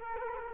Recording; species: mosquito wingbeat signal from an infrared sensor; Culex quinquefasciatus